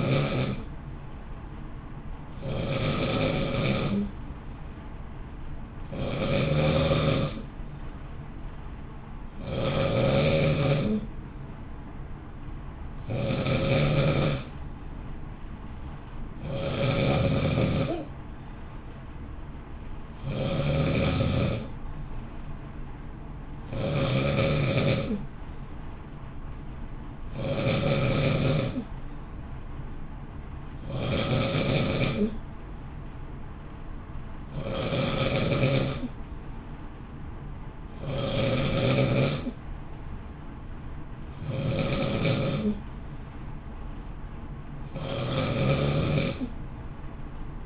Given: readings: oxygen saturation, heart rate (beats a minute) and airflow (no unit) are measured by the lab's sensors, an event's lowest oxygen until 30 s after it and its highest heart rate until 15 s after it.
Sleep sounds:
breathing in sleep by a smartphone at the bedside; none
none scored
From the record:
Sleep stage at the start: N2 (light sleep); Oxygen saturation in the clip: 91 to 92%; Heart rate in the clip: 56 to 58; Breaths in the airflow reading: 16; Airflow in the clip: -0.8 to 0.8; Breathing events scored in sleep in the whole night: 328 in 6.3 hours asleep

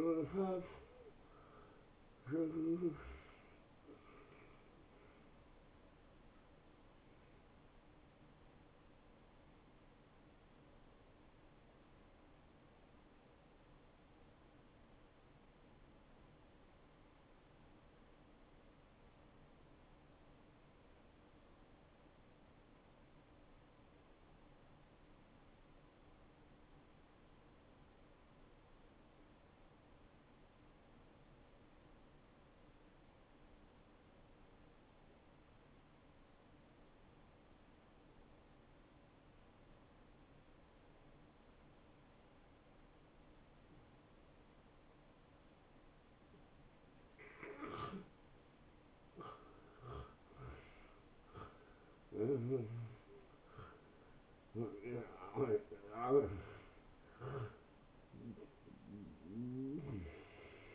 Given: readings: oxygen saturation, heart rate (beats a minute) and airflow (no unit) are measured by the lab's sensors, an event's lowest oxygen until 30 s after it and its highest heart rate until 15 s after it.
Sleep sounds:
breathing in sleep by a voice recorder at the bedside; 1
12.00-42.00 s: new sleep stage, N2 (light sleep)
16.00-46.80 s: obstructive apnea (N2, oxygen 95% highest, then 88% lowest, heart rate 62 at the start, 79 highest)
42.00-60.75 s: new sleep stage, N1 (lightest sleep)
From the record:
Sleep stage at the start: N1 (lightest sleep); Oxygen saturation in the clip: 81 to 95%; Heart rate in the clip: 57 to 79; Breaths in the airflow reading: 7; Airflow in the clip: -14.8 to 9.4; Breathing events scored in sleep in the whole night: 263 in 5.5 hours asleep

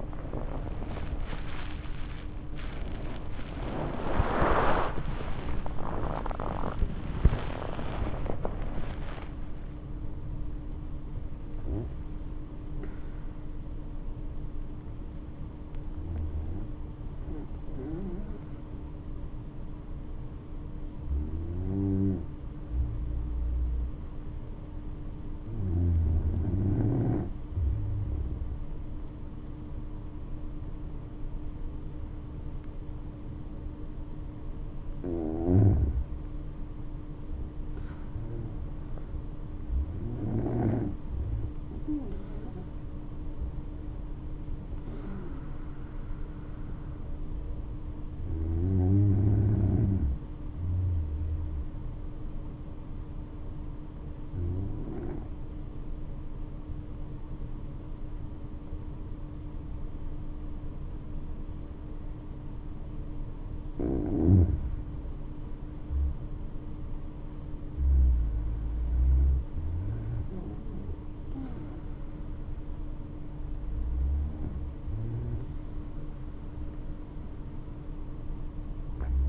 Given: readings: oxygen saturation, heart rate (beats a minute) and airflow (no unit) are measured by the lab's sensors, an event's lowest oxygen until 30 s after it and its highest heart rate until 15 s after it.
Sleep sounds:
breathing in sleep by a smartphone at the bedside; 2
20.00-37.10 s: hypopnea (N2, oxygen 97% highest, then 93% lowest, heart rate 67 at the start, 69 highest)
54.00-66.50 s: hypopnea (N2, oxygen 96% highest, then 93% lowest, heart rate 60 at the start, 69 highest)
From the record:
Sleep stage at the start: N2 (light sleep); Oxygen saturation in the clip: 92 to 97%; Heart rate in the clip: 57 to 87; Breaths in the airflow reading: 13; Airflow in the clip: -8.5 to 10.2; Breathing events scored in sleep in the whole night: 228 in 5.4 hours asleep

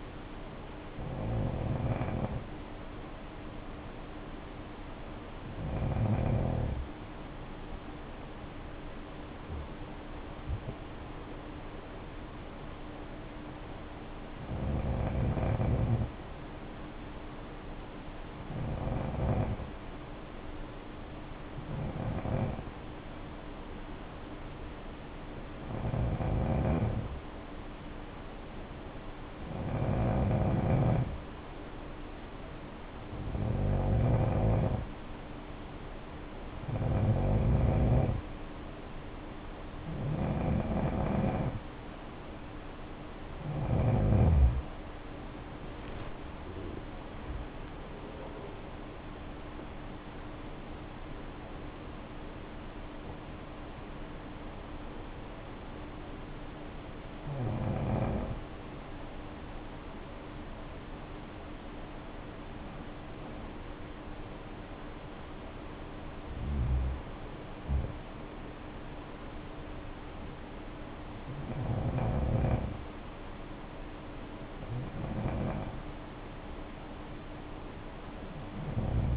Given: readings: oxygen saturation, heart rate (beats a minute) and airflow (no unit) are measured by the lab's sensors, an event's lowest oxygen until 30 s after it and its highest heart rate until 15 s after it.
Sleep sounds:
breathing in sleep by a voice recorder at the bedside; 2
18.00-79.17 s: new sleep stage, N2 (light sleep)
24.00-41.60 s: hypopnea (N2, oxygen 94% highest, then 90% lowest, heart rate 58 at the start, 68 highest)
56.00-71.80 s: hypopnea (N2, oxygen 92% highest, then 91% lowest, heart rate 60 at the start, 62 highest)
From the record:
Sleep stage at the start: N3 (deep sleep); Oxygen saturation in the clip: 90 to 95%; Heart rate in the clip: 53 to 68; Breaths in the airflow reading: 18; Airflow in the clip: -8.1 to 8.5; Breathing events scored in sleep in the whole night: 520 in 7.2 hours asleep

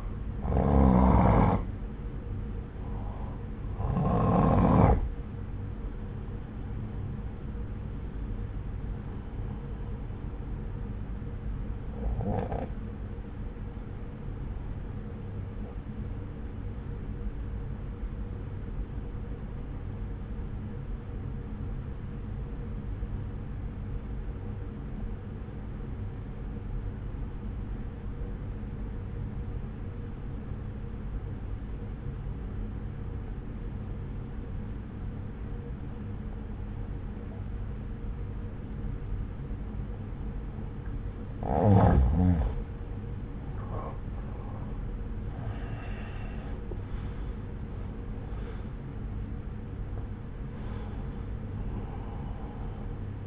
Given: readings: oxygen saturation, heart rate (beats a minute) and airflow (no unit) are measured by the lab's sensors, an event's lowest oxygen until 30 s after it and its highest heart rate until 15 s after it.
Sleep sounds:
breathing in sleep by a smartphone at the bedside; 1
20.00-42.70 s: obstructive apnea (N1, oxygen 94% highest, then 86% lowest)
From the record:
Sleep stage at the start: N1 (lightest sleep); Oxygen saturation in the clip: 86 to 94%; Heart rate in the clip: 59 to 69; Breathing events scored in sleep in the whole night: 303 in 8.1 hours asleep

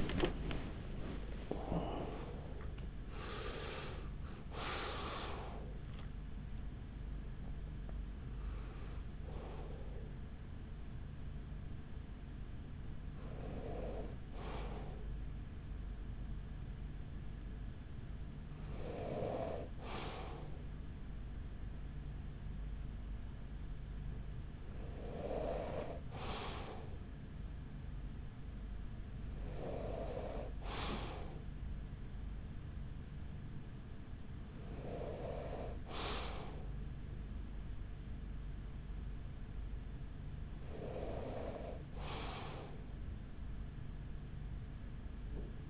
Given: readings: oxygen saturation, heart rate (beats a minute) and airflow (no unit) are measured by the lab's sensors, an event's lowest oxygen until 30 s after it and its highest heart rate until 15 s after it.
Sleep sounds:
a person awake in a sleep study, by a smartphone at the bedside; none
0.00-32.00 s: awake
26.00-45.70 s: new sleep stage, N2 (light sleep)
From the record:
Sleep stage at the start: awake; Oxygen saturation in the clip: 93 to 96%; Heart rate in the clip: 42 to 79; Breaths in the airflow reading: 8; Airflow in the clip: -10.1 to 10.2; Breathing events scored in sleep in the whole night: 207 in 7.6 hours asleep

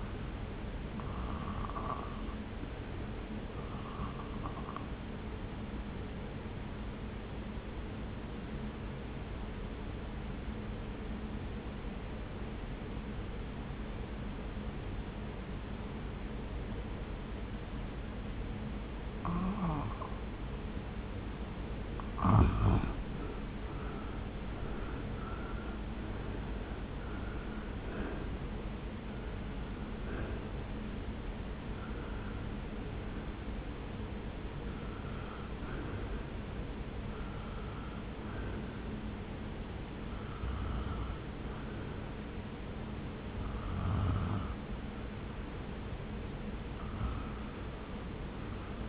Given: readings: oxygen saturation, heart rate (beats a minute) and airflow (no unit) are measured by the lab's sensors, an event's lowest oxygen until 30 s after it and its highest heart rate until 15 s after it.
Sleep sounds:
breathing in sleep by a voice recorder at the bedside; 1
5.00-21.00 s: obstructive apnea (REM, oxygen 87% highest, then 75% lowest)
From the record:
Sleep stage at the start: REM sleep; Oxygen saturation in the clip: 75 to 90%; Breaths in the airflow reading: 13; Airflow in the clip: -1.4 to 1.8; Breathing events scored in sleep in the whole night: 335 in 6.7 hours asleep

